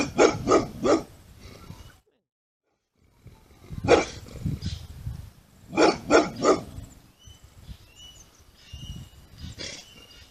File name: Dog Barking Animal Sounds Bulldog